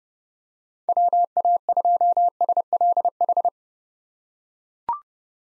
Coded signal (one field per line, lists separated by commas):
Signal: Morse code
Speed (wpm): 30 wpm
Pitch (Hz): 700 Hz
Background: none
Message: WA2SLH